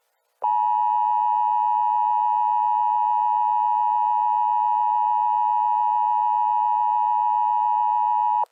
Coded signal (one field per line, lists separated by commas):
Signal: Emergency Alert System (SAME) tones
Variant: 853 and 960 Hz attention tone